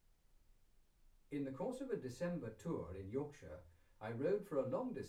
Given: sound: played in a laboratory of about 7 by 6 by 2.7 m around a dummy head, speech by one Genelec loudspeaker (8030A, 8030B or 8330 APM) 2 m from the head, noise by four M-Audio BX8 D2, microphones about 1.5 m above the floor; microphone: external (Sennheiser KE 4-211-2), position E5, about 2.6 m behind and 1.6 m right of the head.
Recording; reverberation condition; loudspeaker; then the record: male speech in English; low; 30 degrees to the left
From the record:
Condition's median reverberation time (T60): about 310 ms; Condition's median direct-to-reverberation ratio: about 3.5 dB